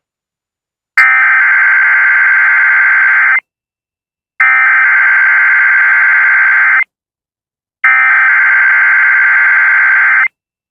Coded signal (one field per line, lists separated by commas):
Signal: Emergency Alert System (SAME) tones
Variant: header bursts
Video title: EAS 140-142 - TESTS EVERYWHERE….